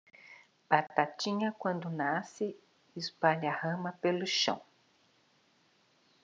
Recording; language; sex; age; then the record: short text; Brazilian Portuguese; female; 50 to 59 years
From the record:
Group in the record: control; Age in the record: 56 years